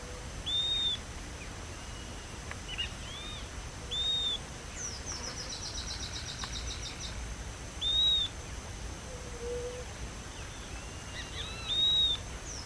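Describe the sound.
Bird calling with short, arched, high whistles repeated roughly every four seconds, some fainter chirps and a brief rapid buzzy trill, against constant outdoor hiss.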